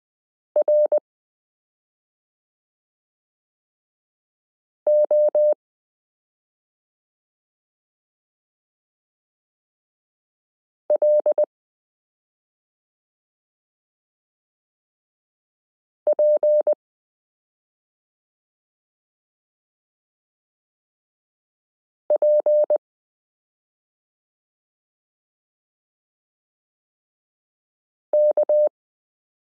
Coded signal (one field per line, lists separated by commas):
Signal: Morse code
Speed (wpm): 20 wpm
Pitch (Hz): 600 Hz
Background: none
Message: ROLPPK